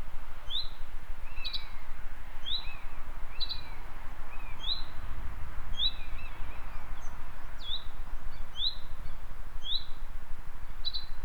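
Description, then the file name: Finch giving short rising chirps about once a second, mixed with lower slurred notes, over a constant low rumble of background noise. "fink"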